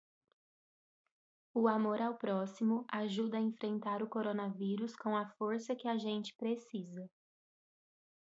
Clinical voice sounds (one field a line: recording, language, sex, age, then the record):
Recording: spoken sentence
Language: Brazilian Portuguese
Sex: female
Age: 20 to 29 years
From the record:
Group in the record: control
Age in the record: 23 years